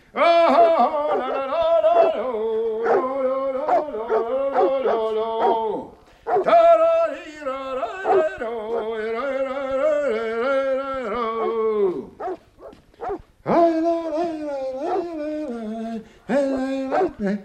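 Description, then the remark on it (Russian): Dogs bark and whimper almost nonstop at their own returning owner, whom they do not recognise, a loud, overlapping run of high, wavering yelps and whines that breaks off briefly twice before starting up again. “Наш-то крокодил дошел до того, что собаки свои не узнают.”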